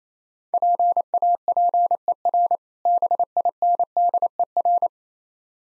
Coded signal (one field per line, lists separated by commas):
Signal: Morse code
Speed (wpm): 28 wpm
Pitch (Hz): 700 Hz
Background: none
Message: PAPER BINDER